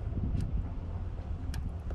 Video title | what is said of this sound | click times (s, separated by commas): How To install Saddle Bags on a Can Am Ryker | it clicks right in. | 1.5 s